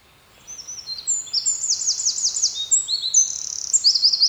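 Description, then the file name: Eurasian wren bursts into song: very high, rapid twittering phrases linked by quick rattling trills, continuing to the end. "Troglodytes troglodytes"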